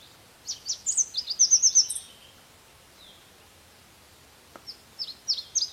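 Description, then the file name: Red warbler giving a short, high, rapid chippering trill, a brief pause, then another burst of sharp, quick notes. "Canto do mariquita vermelha"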